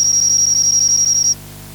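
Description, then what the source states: Kuma-suzumushi cricket giving a brief piercing high trill that cuts off suddenly after just over a second, leaving only faint background hum. Recorded 18 October 2014.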